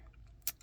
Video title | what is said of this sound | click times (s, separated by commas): Let's do a refresher course on how to thread the White Power Lock serger and do a little sewing. | You see, I just pulled it from the bottom up and you hear a click. | 0.5 s